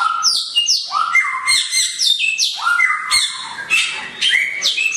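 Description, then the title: Songbird: bird singing high sliding notes in quick successive bursts with brief pauses. Songbird named Samyong, said to be worth one billion, singing actively (gacor) with piercing volume (volume tembus). "SAMYONG GACOR VOLUME TEMBUS [Burung Kicau"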